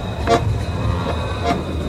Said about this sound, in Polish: Koło nas przesuwają się kolejne tramwaje, które jednych wypluwają, drugich wsysają. Piątka na Zaborze, dziewiątka na Hebzie, dwójka na Stroszek.